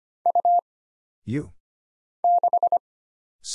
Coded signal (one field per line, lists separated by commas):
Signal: Morse code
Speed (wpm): 25 wpm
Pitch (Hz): 700 Hz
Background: none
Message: U 6